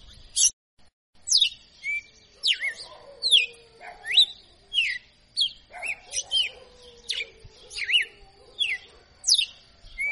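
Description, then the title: Red-cowled cardinal singing a fast series of bright, swooping whistled notes, rising and falling in quick repeated phrases with short gaps between them. Female bird; described as a tutor singer in the açoitando song style. "Canto Galo Campina Fêmea. Galo de Campina Professor Açoitando"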